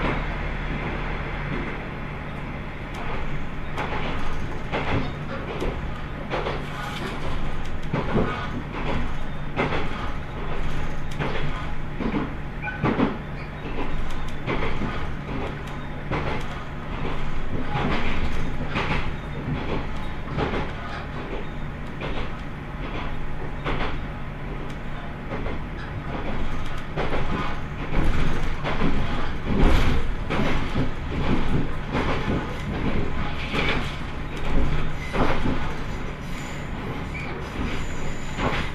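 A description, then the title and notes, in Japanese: A ride on the Tenryu Hamanako Railway between Miyakoda and Tenryu-Futamata: a steady, dense rumble runs throughout with a low hum underneath. Frequent sharp clicks and knocks from the wheels come at irregular intervals, growing somewhat louder around thirty seconds in. 天竜浜名湖鉄道 都田→天竜二俣。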